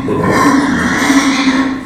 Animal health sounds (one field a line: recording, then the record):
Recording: squeal of a Yucatan mini pig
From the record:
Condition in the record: after surgery on the right vocal fold (resection and tissue-engineered implant)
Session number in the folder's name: 4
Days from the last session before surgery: 26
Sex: female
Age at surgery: 19 weeks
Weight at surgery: 25 kg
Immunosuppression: prednisolone